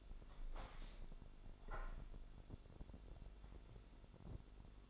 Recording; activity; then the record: daily activity, microphone in the room; open window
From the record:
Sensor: 5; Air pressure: 1006.6 hPa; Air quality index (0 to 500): 194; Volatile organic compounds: 6 ppm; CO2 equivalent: 1852 ppm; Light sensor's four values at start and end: 57/161/62/63 and 57/161/62/63